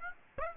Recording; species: mosquito wingbeat signal from an infrared sensor; Aedes aegypti